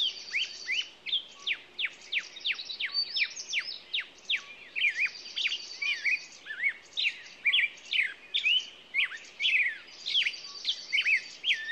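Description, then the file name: Songbirds giving sharp downslurred whistles repeated rapidly throughout, with high trills now and then. Morning songbirds. "Echoes Of Nature-Morning Songbirds"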